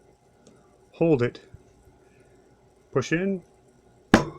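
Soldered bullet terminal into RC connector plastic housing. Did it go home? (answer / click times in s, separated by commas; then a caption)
yes / 4.1 s. A soldered metal bullet terminal is pushed into the plastic housing of an RC battery connector, with a piece of wood holding it. Someone talks, then a sharp snap at 4.1 s shows the terminal locking into the housing and seated.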